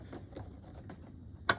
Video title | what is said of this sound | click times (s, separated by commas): TVS CALLISTO BREBET PARAH BUNYI CETEK CETEK GAA BISA JALAN DAN MATI MATI AN | klik gitu aja sudah. Kalau sudah klik berarti itu oke. | 1.5 s